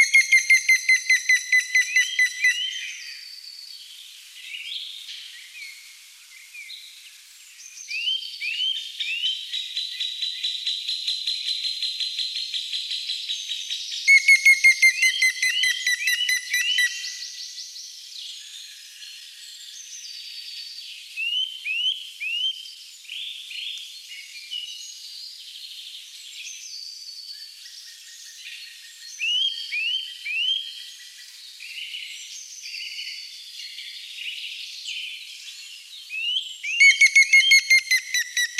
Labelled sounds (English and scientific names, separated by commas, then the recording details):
Grey-headed Woodpecker (Picus canus) song
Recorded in the wild
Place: Jägerhof / Breisach am Kaiserstuhl, Baden-Württemberg, DE
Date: 1989-04-15
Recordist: Schwarz, Dieter
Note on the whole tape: Song